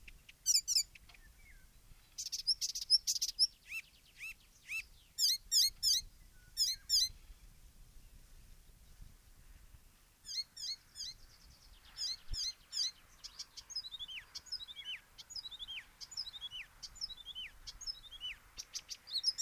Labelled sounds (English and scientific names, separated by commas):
Icterine Warbler (Hippolais icterina) song